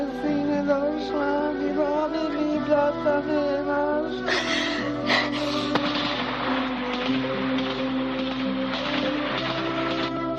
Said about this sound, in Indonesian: Di pagi hari ketika orang tua mengantarkan anak-anak mereka sekolah, dihadang oleh tembakan peluru seperti ini.